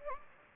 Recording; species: mosquito wingbeat signal from an infrared sensor; Anopheles gambiae